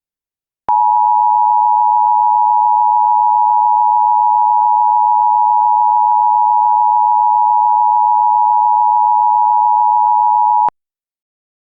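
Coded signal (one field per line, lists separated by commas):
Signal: Emergency Alert System (SAME) tones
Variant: 853 and 960 Hz attention tone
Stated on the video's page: Fictional EAS scenario using valid EAS tones.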